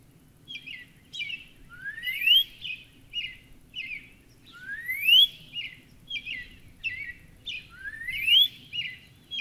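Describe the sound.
Northern cardinal song: clear rising slurred whistles about every three seconds, each set among short chipping notes.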